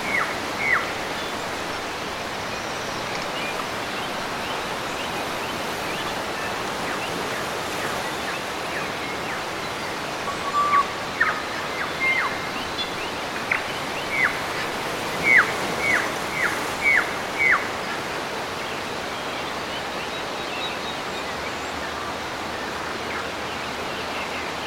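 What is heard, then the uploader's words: Birds chirp over a steady wash of waves on the coast of New Zealand. The surf forms a dense, even rushing bed throughout, while short bright calls pop out sporadically, clustering more thickly between about eleven and eighteen seconds. Birds & Waves at Marlborough Sounds, New Zealand. Birds chirp and waves crash on the coast of New Zealand.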